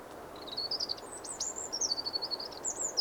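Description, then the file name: Eurasian wren singing fast, high, trilled notes with a few sharp upward flicks, continuing for about three seconds over light background hiss. "Troglodytes troglodytes"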